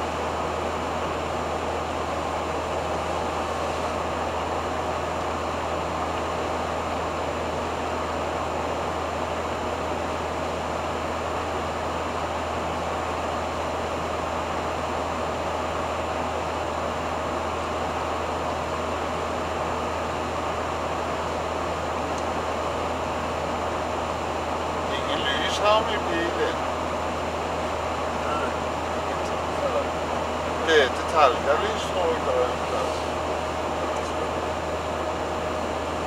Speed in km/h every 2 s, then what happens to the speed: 72, 72, 72, 72, 72, 72, 72, 72, 72, 73, 72, 72, 72, 72, 72, 72, 71, 71.
0-36 steady at about 72.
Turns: none.